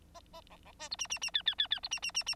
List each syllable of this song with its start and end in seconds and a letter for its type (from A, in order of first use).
0.14-0.20 A, 0.33-0.41 A, 0.50-0.56 B, 0.65-0.72 B, 0.79-0.89 C, 0.91-0.96 D, 0.98-1.07 E, 1.10-1.19 E, 1.21-1.31 E, 1.34-1.42 F, 1.46-1.55 F, 1.58-1.67 F, 1.70-1.80 F, 1.83-1.89 D, 1.91-2.00 E, 2.02-2.11 E, 2.14-2.23 E, 2.26-2.35 E